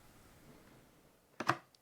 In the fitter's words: give it a little bit of pressure and you'll hear it click into place.